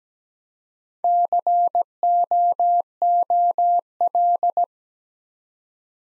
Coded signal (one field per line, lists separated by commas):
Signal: Morse code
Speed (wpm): 17 wpm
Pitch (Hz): 700 Hz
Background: none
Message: COOL